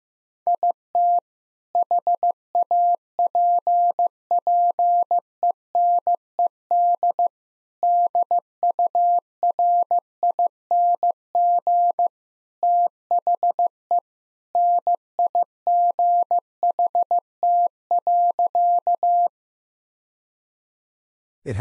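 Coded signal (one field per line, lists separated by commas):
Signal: Morse code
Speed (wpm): 15 wpm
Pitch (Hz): 700 Hz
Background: none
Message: IT HAPPENED DURING THE NIGHT.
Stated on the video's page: Morse practice set at 15 wpm: sentences built from common two-word phrases, each sent twice, for head-copy drills.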